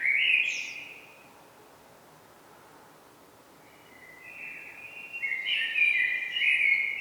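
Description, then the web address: Common blackbird with a loud fluted phrase ending in a high squeak, silence, then a longer rich warble building toward the end. "pub SETE data Turdus merula"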